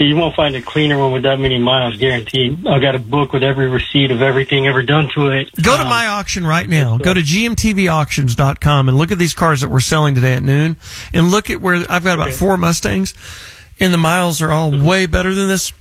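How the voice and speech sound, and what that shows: Fluent, clear adult male talk-radio speech about cars at auction, the first few seconds sounding phone-filtered.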